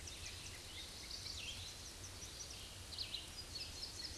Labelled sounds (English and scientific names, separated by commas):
Chestnut-sided Warbler (Setophaga pensylvanica) song